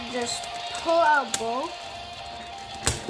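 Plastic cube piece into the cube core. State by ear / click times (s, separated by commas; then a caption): seated / 2.9 s. A piece of a plastic speedcube is popped back into the cube core while someone talks over background music. A single sharp click at 2.9 seconds marks the piece seating in place.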